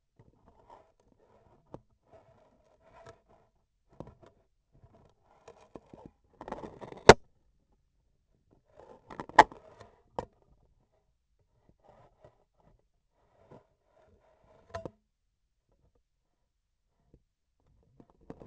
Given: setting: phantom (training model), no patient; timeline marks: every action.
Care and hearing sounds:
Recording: laparoscopic instrument, vibration sensor on the handle end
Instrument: scissors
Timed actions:
6.35-7.27 s: cutting foam
9.03-9.61 s: scissors opening
From the record:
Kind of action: gesture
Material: foam

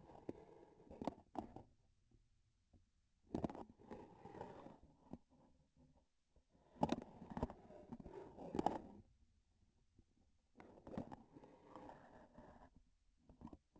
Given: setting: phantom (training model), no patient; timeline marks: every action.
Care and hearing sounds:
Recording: laparoscopic instrument, vibration sensor on the handle end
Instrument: grasping forceps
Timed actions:
1.21-1.87 s: grasping tissue
3.19-3.76 s: releasing tissue
8.33-9.11 s: grasping tissue
10.48-11.28 s: releasing tissue
From the record:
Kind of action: gesture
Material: synthetic tissue

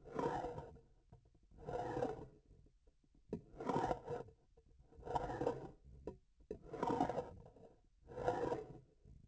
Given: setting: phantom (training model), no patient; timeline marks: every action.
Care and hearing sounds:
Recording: laparoscopic instrument, vibration sensor on the handle end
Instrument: grasping forceps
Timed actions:
0.00-0.71 s: retracting movement
1.55-2.34 s: approaching movement
3.25-4.30 s: retracting movement
5.01-5.74 s: approaching movement
6.67-7.32 s: retracting movement
8.02-8.74 s: approaching movement
From the record:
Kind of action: spatial motion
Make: Olympus

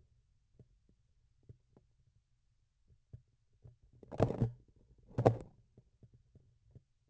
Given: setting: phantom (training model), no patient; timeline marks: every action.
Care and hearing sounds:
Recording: laparoscopic instrument, vibration sensor on the handle end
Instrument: grasping forceps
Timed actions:
3.89-4.66 s: forceps opening
4.97-5.70 s: forceps closing
From the record:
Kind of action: tool actuation without material contact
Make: other than Olympus

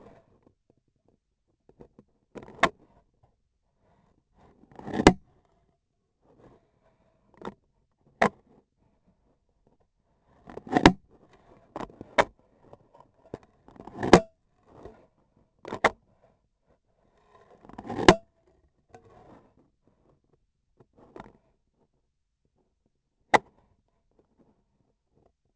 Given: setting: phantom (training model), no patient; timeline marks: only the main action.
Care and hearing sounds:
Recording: laparoscopic instrument, vibration sensor on the handle end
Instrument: scissors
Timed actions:
4.52-5.26 s: cutting foam
10.20-11.04 s: cutting foam
13.52-14.36 s: cutting foam
17.55-18.35 s: cutting foam
From the record:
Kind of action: gesture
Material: foam

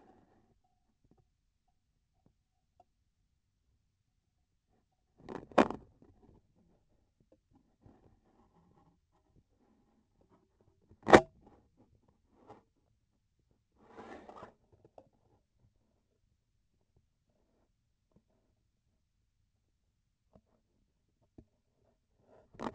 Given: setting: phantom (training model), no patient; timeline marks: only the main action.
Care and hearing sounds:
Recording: laparoscopic instrument, vibration sensor on the handle end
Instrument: scissors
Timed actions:
11.01-11.35 s: cutting PTFE tape
From the record:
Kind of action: gesture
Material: PTFE tape

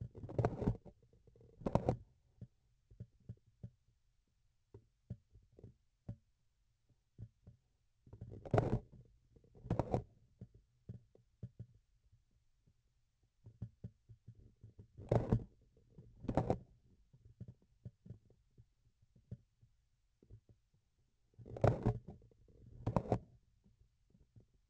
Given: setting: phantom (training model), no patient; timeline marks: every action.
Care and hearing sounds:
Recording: laparoscopic instrument, vibration sensor on the handle end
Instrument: grasping forceps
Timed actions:
0.00-0.96 s: forceps opening
1.54-2.17 s: forceps closing
8.00-9.11 s: forceps opening
9.50-10.36 s: forceps closing
14.92-15.58 s: forceps opening
15.89-16.81 s: forceps closing
21.31-22.26 s: forceps opening
22.44-23.39 s: forceps closing
From the record:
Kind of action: tool actuation without material contact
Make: other than Olympus

